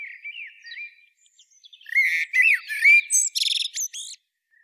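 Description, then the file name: Common blackbird song: quiet warbled notes building into a loud fluty phrase that ends in shrill, rapid squeaky twitters. "Turdus merula"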